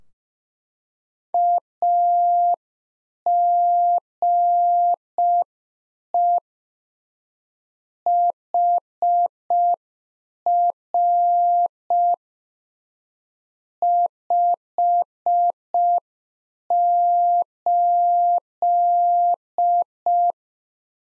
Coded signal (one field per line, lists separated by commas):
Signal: Morse code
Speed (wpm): 5 wpm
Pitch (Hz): 700 Hz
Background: none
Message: AGE HR 58